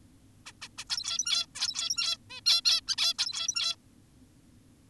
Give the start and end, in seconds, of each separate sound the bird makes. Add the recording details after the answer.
0.46-0.52, 0.62-0.68, 0.78-0.84, 0.90-1.46, 1.55-2.17, 2.30-2.41, 2.46-2.62, 2.65-2.81, 2.88-2.96, 2.98-3.14, 3.19-3.76. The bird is an adult. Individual g17y2U